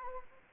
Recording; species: mosquito wingbeat signal from an infrared sensor; Anopheles gambiae